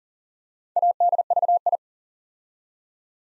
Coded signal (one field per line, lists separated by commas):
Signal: Morse code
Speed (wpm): 38 wpm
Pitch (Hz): 700 Hz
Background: none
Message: ADVI